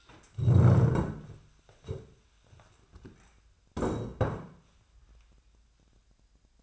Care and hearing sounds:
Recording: daily activity, microphone in the room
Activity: stand up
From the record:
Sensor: 2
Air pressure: 1015.1 hPa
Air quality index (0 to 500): 126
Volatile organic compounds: 4 ppm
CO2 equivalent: 1620 ppm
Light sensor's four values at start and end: 12/32/12/14 and 11/25/10/11

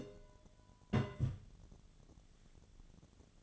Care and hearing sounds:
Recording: daily activity, microphone in the room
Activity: place on stove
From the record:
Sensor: 4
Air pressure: 1010.8 hPa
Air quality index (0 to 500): 169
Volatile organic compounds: 5 ppm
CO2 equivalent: 1717 ppm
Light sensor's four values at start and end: 39/111/45/46 and 39/111/45/46

